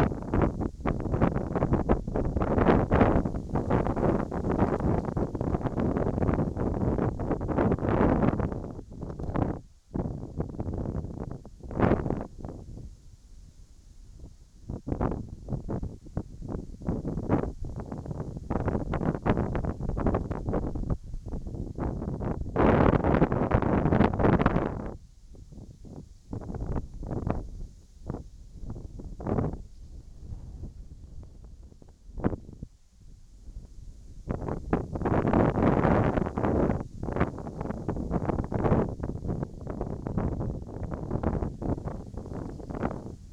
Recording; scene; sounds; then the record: everyday scene through a hearing-aid microphone; wind on the microphone; wind, whistling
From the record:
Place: in front of a rural house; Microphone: in the ear canal, right